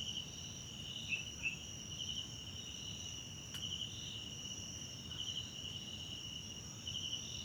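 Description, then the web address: Cricket: continuous high trilling of crickets, with two quick chirps early on and a short click midway, over gentle low ambient noise. South African crickets, background ambience recorded at night in a wetland park at Kosi Forest Lodge, South Africa. "sonniss 2018 individual Tonschliff - SOUTH AFRICAN CRICKETS BG South Africa Wetland Park Kosi Forest Lodge Night"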